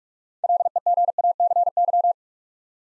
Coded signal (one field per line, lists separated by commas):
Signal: Morse code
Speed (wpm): 44 wpm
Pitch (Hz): 700 Hz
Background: none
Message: LEGACY